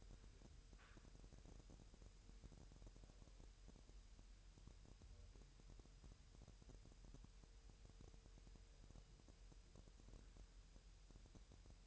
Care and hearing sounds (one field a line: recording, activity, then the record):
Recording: daily activity, microphone in the room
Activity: wipe stove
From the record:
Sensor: 2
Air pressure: 1000.7 hPa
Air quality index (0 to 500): 248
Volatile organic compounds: 95 ppm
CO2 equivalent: 3722 ppm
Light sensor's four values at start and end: 9/22/9/9 and 9/22/9/9